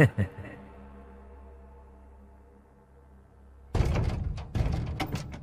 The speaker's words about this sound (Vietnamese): Tiếng đập cửa ầm ầm làm cho Ngọc thức dậy.